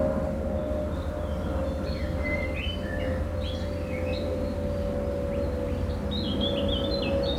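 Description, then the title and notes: Birds tweeting with scattered short chirps and whistled notes over a steady low drone and a continuous humming tone. Birds tweeting at a canola field on a mild late spring afternoon in Schuir, Essen, Germany. "Schuir, Essen, Deutschland. An einem Rapsfeld an einem milden Frühlingsspätnachmittag. Der Klang von Bienen in den Rapsblüten, das Zwitschern von Vögeln und ein Flugzeugüberflug. Stadtklang//: Hörorte"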